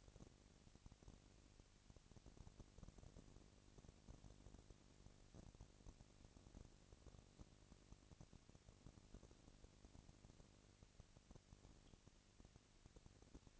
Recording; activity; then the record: daily activity, microphone in the room; no activity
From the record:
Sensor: 4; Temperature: 22.3 degrees Celsius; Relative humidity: 31.9%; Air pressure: 997.8 hPa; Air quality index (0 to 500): 203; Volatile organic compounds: 17 ppm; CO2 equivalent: 2570 ppm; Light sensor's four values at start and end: 2/3/1/1 and 2/3/1/1